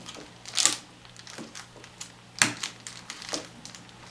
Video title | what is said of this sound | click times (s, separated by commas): Herk's Computer Build Redux | It's my first time with single-sided locks. I heard 2 clicks. | 0.7 s, 2.4 s